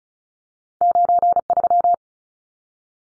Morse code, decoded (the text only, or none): 93